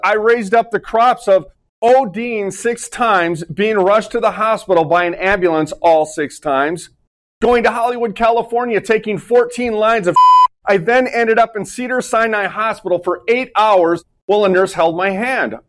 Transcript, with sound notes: I raised up the crops of ODing six times, being rushed to the hospital by an ambulance all six times, going to Hollywood, California taking 14 lines of (beep) . I then ended up in Cedars-Sinai Hospital for eight hours while a nurse held my hand.